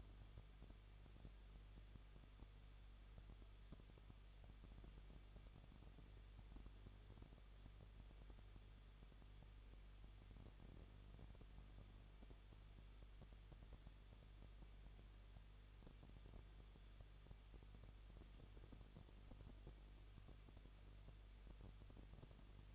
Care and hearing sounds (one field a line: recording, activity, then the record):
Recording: daily activity, microphone in the room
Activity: no activity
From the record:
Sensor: 4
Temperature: 23.0 degrees Celsius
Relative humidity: 34.0%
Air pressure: 1007.4 hPa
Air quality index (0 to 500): 214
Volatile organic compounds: 14 ppm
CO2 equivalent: 2460 ppm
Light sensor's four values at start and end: 2/3/1/1 and 2/3/1/1